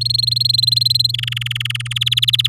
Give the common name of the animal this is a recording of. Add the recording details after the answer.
Domestic Canary. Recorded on 8 May 2018 at 08:16. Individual llb16